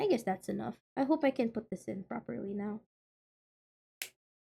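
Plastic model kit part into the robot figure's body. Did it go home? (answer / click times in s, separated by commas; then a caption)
yes / 4.0 s. A plastic part is fitted into the body of a transforming robot gacha model kit figure during a build. Someone talks for the first few seconds, then after a pause one sharp snap at 4.0 s marks the part popping and locking into place.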